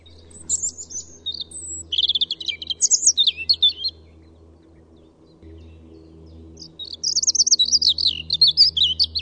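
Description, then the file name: European robin singing high, liquid warbling phrases of varied twittering notes and trills, separated by a short silent gap, with a faint low hum beneath. "Pettirosso"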